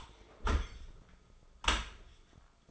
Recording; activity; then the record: daily activity, microphone in the room; close dishwasher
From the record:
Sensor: 5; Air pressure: 1004.8 hPa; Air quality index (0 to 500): 92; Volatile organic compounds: 2 ppm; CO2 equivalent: 1117 ppm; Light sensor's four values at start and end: 33/76/31/30 and 33/75/30/30